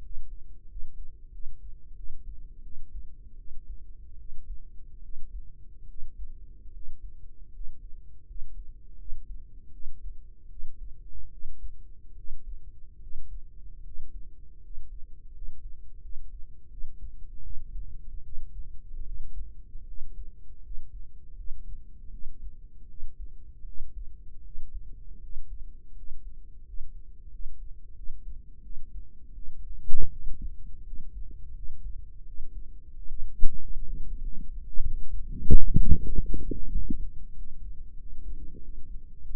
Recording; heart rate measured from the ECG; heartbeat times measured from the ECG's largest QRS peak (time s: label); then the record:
heart sounds by microphone in the right ear; 83 bpm
0.66 s: heartbeat
1.30 s: heartbeat
1.94 s: heartbeat
2.61 s: heartbeat
3.36 s: heartbeat
4.17 s: heartbeat
5.01 s: heartbeat
5.86 s: heartbeat
6.71 s: heartbeat
7.51 s: heartbeat
8.25 s: heartbeat
8.97 s: heartbeat
9.71 s: heartbeat
10.48 s: heartbeat
11.30 s: heartbeat
12.15 s: heartbeat
12.99 s: heartbeat
13.82 s: heartbeat
14.60 s: heartbeat
15.32 s: heartbeat
16.00 s: heartbeat
16.69 s: heartbeat
17.41 s: heartbeat
18.22 s: heartbeat
19.04 s: heartbeat
19.85 s: heartbeat
20.61 s: heartbeat
21.35 s: heartbeat
22.09 s: heartbeat
22.86 s: heartbeat
23.64 s: heartbeat
24.42 s: heartbeat
25.19 s: heartbeat
25.94 s: heartbeat
26.64 s: heartbeat
27.30 s: heartbeat
27.94 s: heartbeat
28.61 s: heartbeat
29.33 s: heartbeat
30.09 s: heartbeat
30.83 s: heartbeat
31.53 s: heartbeat
32.24 s: heartbeat
32.93 s: heartbeat
33.58 s: heartbeat
34.20 s: heartbeat
34.82 s: heartbeat
35.44 s: heartbeat
36.07 s: heartbeat
36.71 s: heartbeat
37.34 s: heartbeat
37.96 s: heartbeat
38.59 s: heartbeat
39.20 s: heartbeat
From the record:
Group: healthy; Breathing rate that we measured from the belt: 9 breaths a minute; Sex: female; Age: 32 years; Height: 168 cm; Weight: 61.9 kg